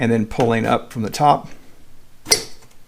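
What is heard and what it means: Someone talks while the retaining pivot pin is pulled up from the top of a stock motorcycle passenger footpeg bracket. A single sharp hit sounds at 2.3 s as the pin comes free, releasing the footpeg pivot.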